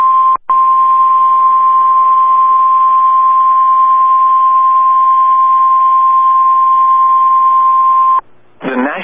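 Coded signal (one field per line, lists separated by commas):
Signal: Emergency Alert System (SAME) tones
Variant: 1050 Hz attention tone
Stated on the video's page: Tornado Watch alert from NOAA Weather Radio for Oklahoma City/North Texas.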